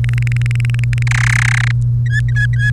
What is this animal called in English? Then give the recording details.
Domestic Canary. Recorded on 1 May 2018 at 10:56. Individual llb3